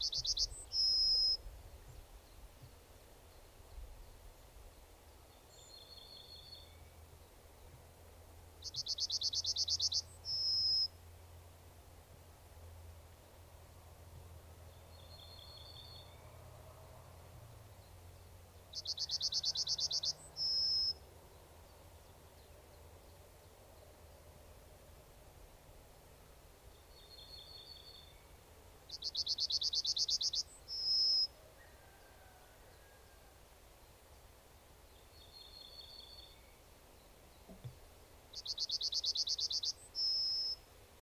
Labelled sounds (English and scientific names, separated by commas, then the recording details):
Yellowhammer (Emberiza citrinella) song
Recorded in the wild
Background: Emberiza hortulana
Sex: male
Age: adult
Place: Schloß Holte-Stukenbrock, Senne, Nordrhein-Westfalen, DE
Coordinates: 51.8592, 8.66583
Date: 1968-05-26
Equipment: Uher 4000 Report-S, Bändchenmikro Beyer M 260, Parabolspiegel Polyester (470 mm)
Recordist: Conrads, Klaus
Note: Am ehemaligen Hof Westerdiek (Furlbach-Gebiet). Männchen: Gesang